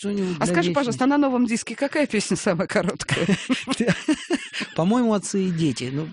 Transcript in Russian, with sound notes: А скажи пожалуйста, на новом диске какая песня самая короткая? (все смеются)
Т.ШАОВ: По-моему, Отцы и дети,